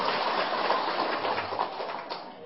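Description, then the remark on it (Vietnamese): A crowd at a Buddhist dharma talk claps steadily for a couple of seconds, a dense, crackling patter of many hands at a fairly even level that thins slightly toward the end. No one speaks. “Đúng rồi, cho chàng pháo tay.”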